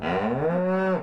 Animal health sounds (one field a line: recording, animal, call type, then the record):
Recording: contact call of a hoofed animal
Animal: cattle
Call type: low-frequency (closed-mouth) or high-frequency (open-mouth) call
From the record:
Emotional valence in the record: negative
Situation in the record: full separation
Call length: 1.03 s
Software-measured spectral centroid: 1060 Hz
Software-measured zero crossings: 1120 a second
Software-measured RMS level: -24 dBFS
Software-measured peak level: -13 dBFS